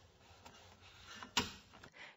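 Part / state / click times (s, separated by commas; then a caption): fuel filler cap into car fuel filler neck / torque reached / 1.4 s. A fuel filler cap on a 2005–2007 Toyota Avalon is tightened again into the car's fuel filler neck until its ratchet clicks when tight. A few small clicks lead up to one sharp ratchet click at 1.4 s, with softer ticks after it. Nothing is said in the clip.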